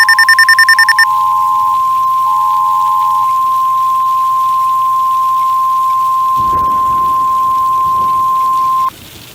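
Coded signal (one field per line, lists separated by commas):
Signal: Emergency Alert System (SAME) tones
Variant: 1050 Hz attention tone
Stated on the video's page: Fictional EAS scenario about a large tornado outbreak in Tornado Alley, not a real alert.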